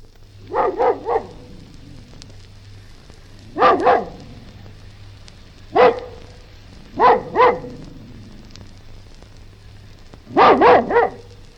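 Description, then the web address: Collie giving clusters of one to three sharp barks separated by pauses of one to three seconds, over a steady low background hum. "Collie barking"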